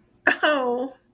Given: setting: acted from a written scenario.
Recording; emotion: vocal sound without words; sadness